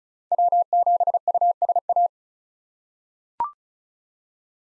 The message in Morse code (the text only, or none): W7USA